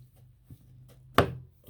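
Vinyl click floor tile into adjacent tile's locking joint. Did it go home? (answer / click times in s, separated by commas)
yes / 1.2 s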